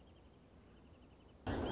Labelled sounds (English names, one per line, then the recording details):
Wrentit
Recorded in Sonoma County, California